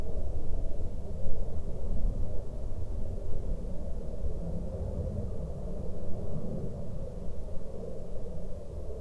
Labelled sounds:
aircraft
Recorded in the Prudhoe Bay oil fields, Alaska, on 28 July 2021 at 15:26
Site 13

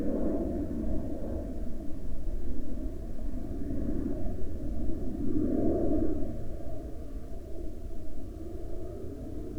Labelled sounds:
aircraft
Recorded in the Prudhoe Bay oil fields, Alaska, on 26 July 2019 at 16:26
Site 13

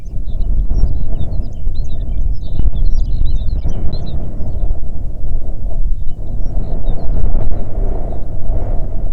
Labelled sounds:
songbird, wind
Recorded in the Prudhoe Bay oil fields, Alaska, on 6 June 2019 at 14:01
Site 16

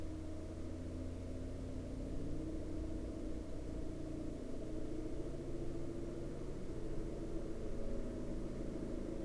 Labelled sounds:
man-made sound
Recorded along the Dempster Highway, Canada, on 21 September 2019 at 21:24
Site 11

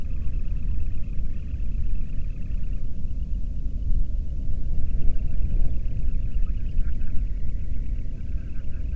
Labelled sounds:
waterfowl
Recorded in the Prudhoe Bay oil fields, Alaska, on 13 June 2019 at 00:34
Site 30

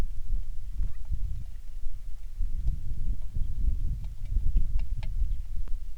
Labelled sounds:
bird, rain
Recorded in the Prudhoe Bay oil fields, Alaska, on 27 July 2019 at 18:20
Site 19

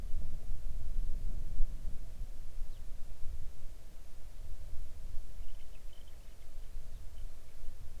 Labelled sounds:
songbird
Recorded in the Arctic National Wildlife Refuge, Alaska, on 3 August 2019 at 05:28
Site 41

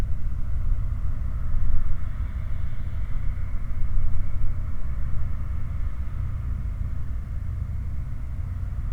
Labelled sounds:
machinery, flare stack
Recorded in the Prudhoe Bay oil fields, Alaska, on 16 August 2019 at 00:35
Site 29

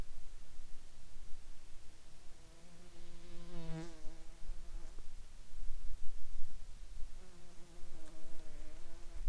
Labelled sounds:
insects
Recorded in the Arctic National Wildlife Refuge, Alaska, on 20 July 2019 at 12:22
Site 44

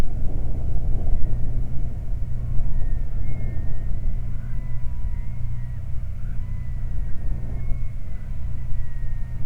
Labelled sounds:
bird, wind
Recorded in the Prudhoe Bay oil fields, Alaska, on 12 July 2019 at 00:00
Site 29

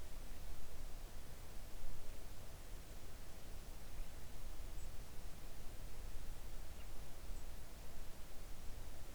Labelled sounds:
songbird
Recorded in the Arctic National Wildlife Refuge, Alaska, on 3 August 2019 at 05:36
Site 41

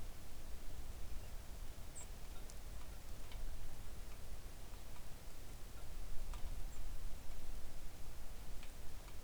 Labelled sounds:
songbird, rain
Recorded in the Arctic National Wildlife Refuge, Alaska, on 3 August 2019 at 06:01
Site 41

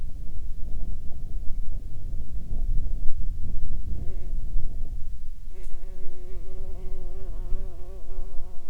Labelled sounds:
bird, insects
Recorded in the Arctic National Wildlife Refuge, Alaska, on 17 July 2019 at 19:16
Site 44

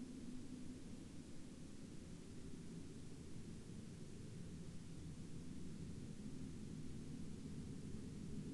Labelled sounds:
aircraft
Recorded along the Dempster Highway, Canada, on 16 October 2019 at 12:01
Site 14

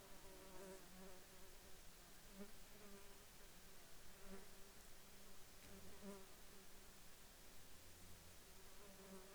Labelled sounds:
insects
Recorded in the Arctic National Wildlife Refuge, Alaska, on 21 June 2019 at 11:03
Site 33

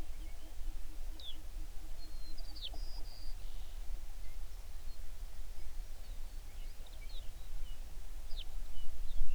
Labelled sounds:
songbird
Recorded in the Prudhoe Bay oil fields, Alaska, on 11 June 2019 at 05:20
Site 21

